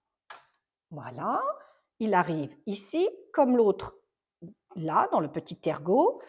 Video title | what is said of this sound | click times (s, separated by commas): My Baby Lock Enlighten et sa prise en main ! | je le mets donc juste à côté on entend le petit clic | 0.3 s